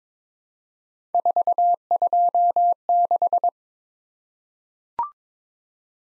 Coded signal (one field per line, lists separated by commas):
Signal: Morse code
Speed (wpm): 22 wpm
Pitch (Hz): 700 Hz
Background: none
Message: 426